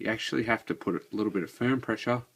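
Someone talks while handling a plastic Generations Beast Wars Rhinox action figure, getting ready to press its arm into the shoulder locking joint with firm pressure. Nothing has seated or clicked yet.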